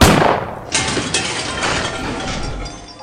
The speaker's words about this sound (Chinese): 一声枪声响起，沈仁杰吓了一跳